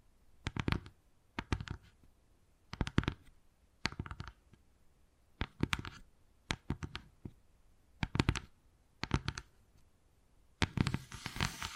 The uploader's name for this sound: Wood Carving, Tapping and Scratching Sounds